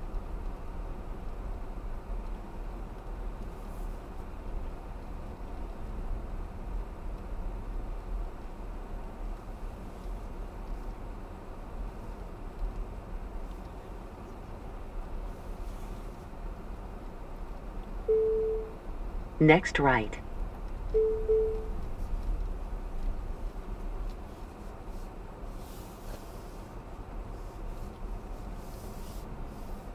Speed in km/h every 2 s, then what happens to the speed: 16, 15, 15, 16, 11, 10, 10, 10, 13, 15, 16, 11, 10, 11, 15.
0-6 steady at about 15. 6-10 slows to 10. 10-15 steady at about 10. 15-20 speeds up to 16. 20-24 slows to 10.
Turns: 7-15, 21-30.